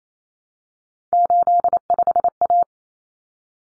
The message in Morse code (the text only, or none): 85A